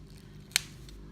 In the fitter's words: one something a bit tough but the same you hold it until it snaps